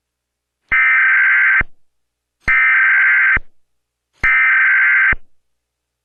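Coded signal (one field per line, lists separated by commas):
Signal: Emergency Alert System (SAME) tones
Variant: header bursts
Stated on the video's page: 2011 EAS test recreated with a spiral audio effect.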